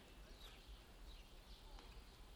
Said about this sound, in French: Les oiseaux, pas de circulation, personne. Je ne sais pas si on peut se rendre compte, en fait, quand on ne voit pas. Il y a deux choses qui frappent, vous allez le voir. D'abord, c'est paradoxalement, pour un centre-ville, c'est le silence.